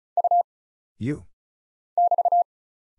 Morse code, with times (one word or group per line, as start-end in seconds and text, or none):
0.2-0.4 U
2.0-2.4 <BT>